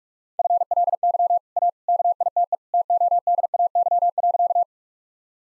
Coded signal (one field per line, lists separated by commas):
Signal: Morse code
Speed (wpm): 46 wpm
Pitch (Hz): 700 Hz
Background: none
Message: FLY A KITE TODAY.